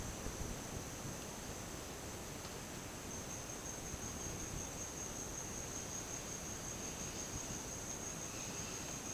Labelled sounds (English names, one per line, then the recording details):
none
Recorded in dense forest near Puerto Asís, Putumayo, Colombia, on 12 March 2025 at 17:30
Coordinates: 0.486, -76.317
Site G053